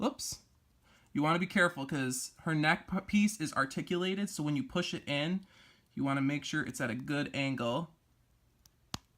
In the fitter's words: There we go. And it snaps into place.